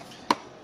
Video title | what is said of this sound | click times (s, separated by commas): How to fix and repair car a/c freezer part 1(Diy) | once it's properly set, you hear that clicking sound. Bam. | 0.3 s